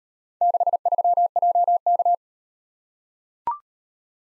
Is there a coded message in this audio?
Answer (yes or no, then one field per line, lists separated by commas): yes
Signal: Morse code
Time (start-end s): 0.4-2.1 s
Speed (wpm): 38 wpm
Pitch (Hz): 700 Hz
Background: none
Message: 63JK